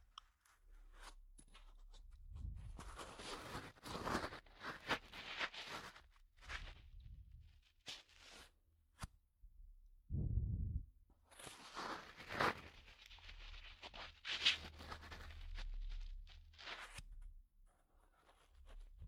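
Ear-cleaning sounds: dense, bright scratching and rubbing come in bursts, with low thumps near 2.5 and 10 seconds and brief quiet gaps.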